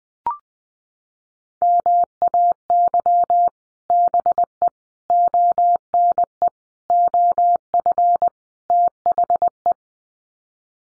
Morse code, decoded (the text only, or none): MAY BE ONE OF THE